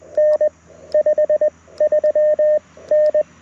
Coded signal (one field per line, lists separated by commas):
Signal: Morse code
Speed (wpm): 20 wpm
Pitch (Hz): 590 Hz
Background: radio noise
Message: N 53N